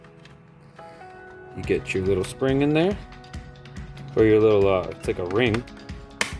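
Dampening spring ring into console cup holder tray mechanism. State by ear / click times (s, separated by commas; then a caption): seated / 6.2 s. On the second try, a small plastic dampening spring/ring is pushed down into its notches in the cup/card holder tray mechanism of an Audi A4 B7 console. Someone talks over faint background music with light tapping. A sharp click at 6.2 seconds marks the ring snapping into place.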